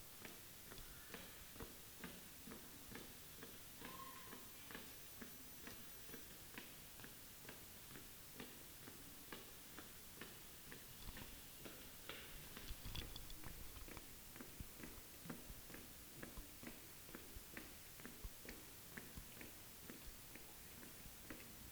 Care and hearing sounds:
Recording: daily activity, guitar pickup as the sensor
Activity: run

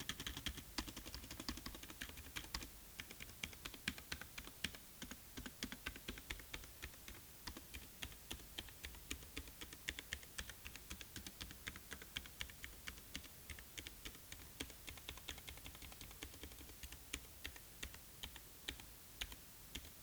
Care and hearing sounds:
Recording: daily activity, guitar pickup as the sensor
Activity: type

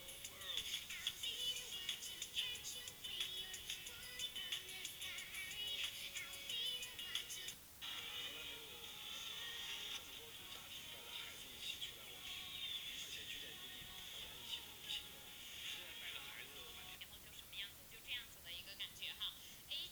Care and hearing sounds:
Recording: daily activity, guitar pickup as the sensor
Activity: browse video

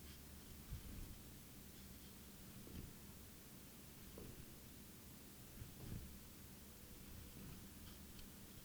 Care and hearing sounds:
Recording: daily activity, guitar pickup as the sensor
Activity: jump

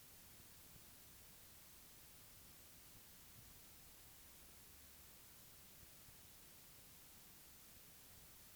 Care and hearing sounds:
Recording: daily activity, guitar pickup as the sensor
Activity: lie down

